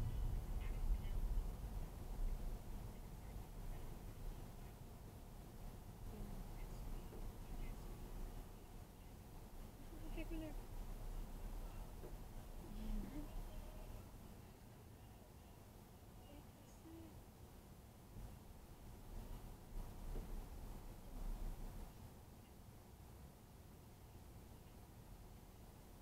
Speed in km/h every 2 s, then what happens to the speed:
6, 3, 0, 0, 0, 2, 0, 0, 0, 0, 2, 2, 0.
3-26 standing.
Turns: none.